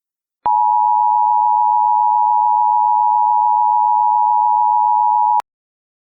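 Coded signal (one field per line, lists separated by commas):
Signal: Emergency Alert System (SAME) tones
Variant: 853 and 960 Hz attention tone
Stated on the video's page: Fictional EAS scenario tones.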